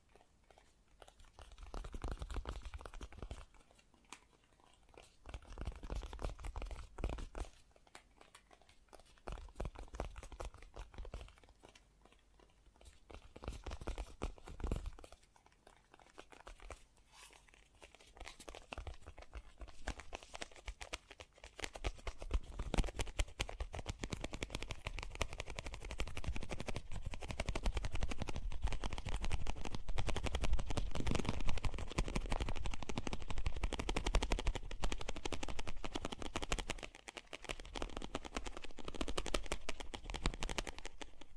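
Fast, gentle tapping in quick, dense runs of small clicks with a soft low thud beneath. Through the first twenty seconds it comes in short bursts separated by pauses, then settles into a steady, unbroken patter that holds to the end.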